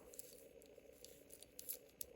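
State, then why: Not seated. The stainless steel double fold-over push-button deployment clasp of a watch bracelet is folded into its closed position, producing faint rustling and a few small, soft ticks. The clasp ends up shut, but nothing clicks.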